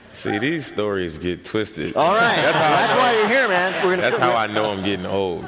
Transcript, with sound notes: See, these stories get twisted.
(LAUGHTER)
All right. That's why you're here, man.
That's how I know I'm getting old.